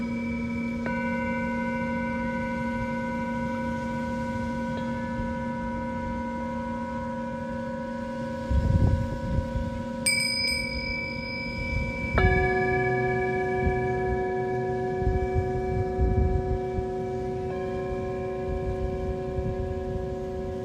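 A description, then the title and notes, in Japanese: Singing bowls sustain long, steady tones that shift to new pitches every few seconds, with changes near 1, 5, 10, 12 and 17 seconds. A low rumble of wind and waves runs underneath, swelling around 9, 12 and 16 seconds. メキシコのビーチにて満月と新月に大体合わせて地道の方達と集っています。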